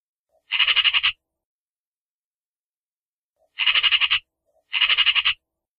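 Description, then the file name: Eurasian magpie giving harsh, rattling chatter: three quick bursts of about eight grating notes each, the second and third close together, with silence between. "Sonido de la Urraca"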